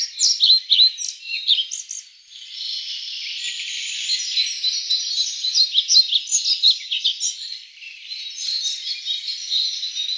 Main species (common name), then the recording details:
European Pied Flycatcher. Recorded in the wild. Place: Waltershofen / Freiburg im Breisgau, Baden-Württemberg, DE. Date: 1996-05-16. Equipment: Dat-Recorder Casio DA 7, Telinga DAT, Telinga-Parabolspiegel. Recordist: Schwarz, Dieter. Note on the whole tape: Song